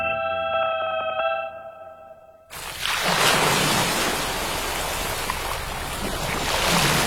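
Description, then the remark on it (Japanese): A short tonal musical jingle gives way abruptly to a loud, steady wash of ocean waves crashing, a broad rushing roar that swells and churns for several seconds with no voices. “どこか遠くの心の中の雫がポタリ集まって、ザバン、ザバン。海が揺れている。”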